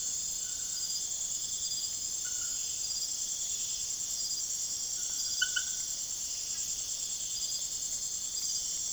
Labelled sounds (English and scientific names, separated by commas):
none